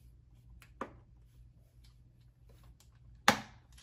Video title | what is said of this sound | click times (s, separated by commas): Smart Vacuum Mop - TAB T9 Pro Cordless Wet Dry Vacuum Cleaner Review | and it will snap right in place. | 3.3 s